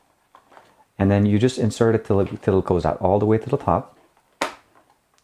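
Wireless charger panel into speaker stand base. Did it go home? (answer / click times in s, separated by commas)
yes / 4.4 s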